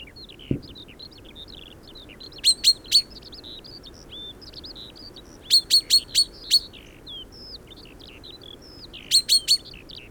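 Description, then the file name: Common chaffinch call notes, short sharp bursts of three to five quick notes every few seconds, over a busy backdrop of faint twittering birds. "Fringilla coelebs"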